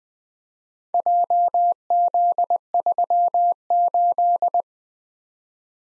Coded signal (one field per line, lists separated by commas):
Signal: Morse code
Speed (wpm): 24 wpm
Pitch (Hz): 700 Hz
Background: none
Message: JZ38